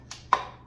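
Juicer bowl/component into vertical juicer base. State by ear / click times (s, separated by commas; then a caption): seated / 0.3 s. A plastic juicer bowl component is pushed home onto a vertical juicer base, with the red dot on the part lined up with the red dot on the base. A softer contact tap at 0.1 s is followed by a sharp click at 0.3 s as the part seats, and it no longer moves.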